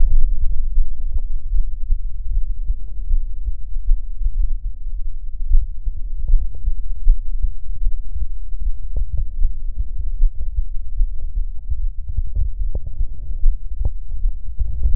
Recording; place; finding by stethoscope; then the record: heart sounds by stethoscope; pulmonary valve (PV); normal heart sounds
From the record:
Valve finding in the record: normal valve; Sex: female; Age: 57 years